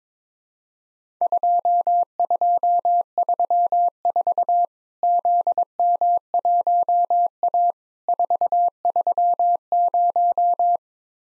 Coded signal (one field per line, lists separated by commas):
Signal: Morse code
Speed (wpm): 22 wpm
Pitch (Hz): 700 Hz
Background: none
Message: 2234 ZM1A 430